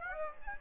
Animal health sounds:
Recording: mosquito wingbeat signal from an infrared sensor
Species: Aedes aegypti

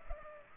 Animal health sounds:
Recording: mosquito wingbeat signal from an infrared sensor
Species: Culex pipiens

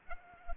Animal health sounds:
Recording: mosquito wingbeat signal from an infrared sensor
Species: Aedes aegypti

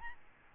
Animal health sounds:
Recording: mosquito wingbeat signal from an infrared sensor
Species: Aedes albopictus

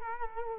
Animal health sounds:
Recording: mosquito wingbeat signal from an infrared sensor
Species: Culex quinquefasciatus

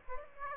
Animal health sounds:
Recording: mosquito wingbeat signal from an infrared sensor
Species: Aedes aegypti

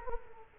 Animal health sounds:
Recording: mosquito wingbeat signal from an infrared sensor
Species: Culex quinquefasciatus

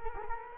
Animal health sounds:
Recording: mosquito wingbeat signal from an infrared sensor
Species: Culex quinquefasciatus

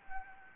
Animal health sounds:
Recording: mosquito wingbeat signal from an infrared sensor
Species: Anopheles gambiae

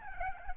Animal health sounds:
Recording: mosquito wingbeat signal from an infrared sensor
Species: Aedes albopictus

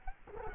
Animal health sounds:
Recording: mosquito wingbeat signal from an infrared sensor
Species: Culex quinquefasciatus

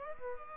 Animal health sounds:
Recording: mosquito wingbeat signal from an infrared sensor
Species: Aedes aegypti

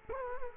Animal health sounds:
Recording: mosquito wingbeat signal from an infrared sensor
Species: Culex quinquefasciatus

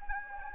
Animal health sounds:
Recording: mosquito wingbeat signal from an infrared sensor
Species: Anopheles gambiae

